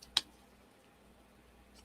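A plastic cap is pressed back onto an alcohol-blending coloring marker to keep it airtight. A faint tick comes at the very start, then a single sharp snap at 0.2 s, followed by low quiet noise. The cap is seated.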